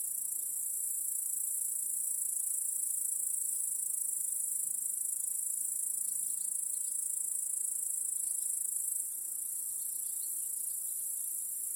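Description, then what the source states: Steady cricket chorus, a high continuous trill that stays even, then eases slightly quieter near the end. Chorus of crickets in a home backyard at night.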